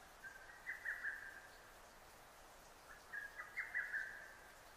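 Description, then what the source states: Lesser cuckoo: two hurried phrases of sharp, whistled notes, separated by a short gap, over quiet background noise. Recorded on 6 June 2009.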